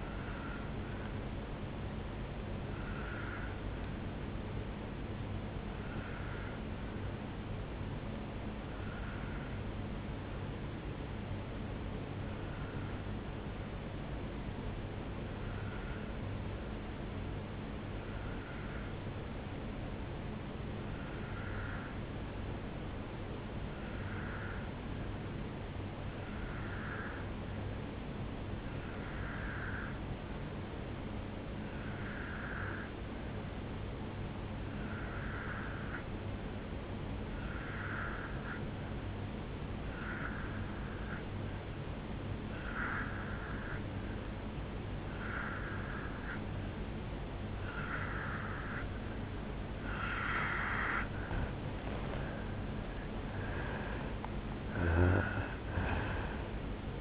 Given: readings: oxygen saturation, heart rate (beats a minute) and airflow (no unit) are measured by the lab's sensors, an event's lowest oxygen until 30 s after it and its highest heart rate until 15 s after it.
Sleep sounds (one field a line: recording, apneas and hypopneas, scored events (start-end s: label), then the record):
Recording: breathing in sleep by a voice recorder at the bedside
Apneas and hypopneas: 1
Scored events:
8.00-51.00 s: obstructive apnea (N1, oxygen 97% highest, then 86% lowest, heart rate 65 at the start, 76 highest)
13.00-43.00 s: new sleep stage, N2 (light sleep)
43.00-57.01 s: new sleep stage, N1 (lightest sleep)
From the record:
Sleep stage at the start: N1 (lightest sleep)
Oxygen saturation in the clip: 87 to 97%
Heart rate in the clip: 61 to 78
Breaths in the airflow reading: 3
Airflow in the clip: -11.2 to 6.2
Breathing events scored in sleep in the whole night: 449 in 7.0 hours asleep